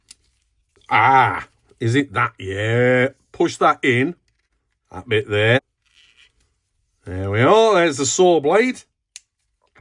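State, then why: Seated. The folding saw blade on a pocket multi-tool is opened out of the handle until its metal lock engages. Someone talks through most of the clip, and after the speech stops, a sharp click at 9.2 s marks the blade locking open.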